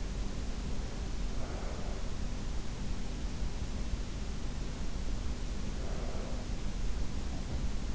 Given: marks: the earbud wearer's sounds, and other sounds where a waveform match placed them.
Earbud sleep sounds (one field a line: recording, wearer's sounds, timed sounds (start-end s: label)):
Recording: sounds in sleep by an in-ear microphone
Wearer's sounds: breath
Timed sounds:
1.27-2.08 s: breath
5.61-6.38 s: breath